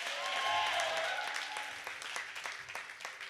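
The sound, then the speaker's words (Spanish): A church audience at a sermon applauds with dense, steady clapping that swells early and then eases slightly, a few scattered sharper claps standing out toward the end. “Denle un aplauso.”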